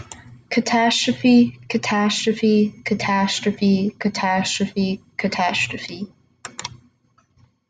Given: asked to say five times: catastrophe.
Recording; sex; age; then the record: repeated word; female; 18 to 19 years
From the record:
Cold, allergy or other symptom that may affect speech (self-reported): no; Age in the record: 19 years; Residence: Kentucky, United States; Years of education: 13